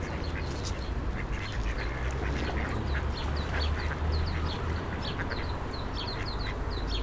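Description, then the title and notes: Duck quacks in short rough bursts under steady low traffic rumble. Ducks being fed by passers-by on the Old Town Promenade, Stare Miasto, Wrocław, at 16:00; passing cars and buses; Sony PCM-D50 recorder, Rode NT4 microphone, FEL BMA preamplifier. "Kaczki i gołębie na Promenadzie Staromiejskiej cz.1 Lokalizacja: Stare Miasto Czas: 16.00. Kaczki i gołębie karmione przez przechodniów. Odgłosy przejeżdżających samochodów i autobusów. Autor nagrania: Bartosz Grzyb"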